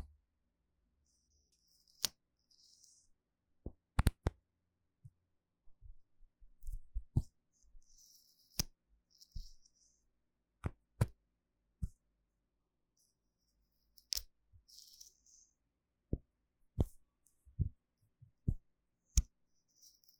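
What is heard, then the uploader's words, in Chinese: Bottles, jars and caps knocked and handled: sharp, isolated clinks and taps arrive irregularly, roughly every second or two, some in quick pairs. Brief bright rattles and scrapes sit between the hits, and quiet gaps separate the events. ASMR 瓶瓶罐罐觸發與瓶蓋聲 | Bottle Caps Sounds for Relaxation & Sleep | NO Talking。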